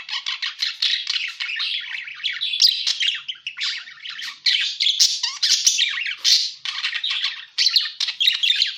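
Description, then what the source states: Parakeet calls in a busy jumble of shrill chirps and harsh squawks, rising and falling in short bursts without a break. Lure sound used for catching birds.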